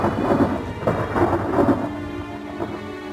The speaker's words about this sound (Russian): а в окно угрожающе стучал дождь, и дом весь вздрагивал от ударов грома.